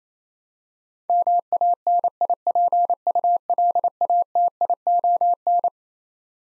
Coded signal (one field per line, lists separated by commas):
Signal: Morse code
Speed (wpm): 27 wpm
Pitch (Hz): 700 Hz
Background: none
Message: MANIPULATION